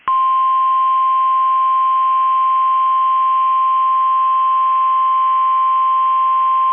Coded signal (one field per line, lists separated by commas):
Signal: Emergency Alert System (SAME) tones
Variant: 1050 Hz attention tone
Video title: 9/21/22 - KEC65 Required Weekly Test (EAS #659)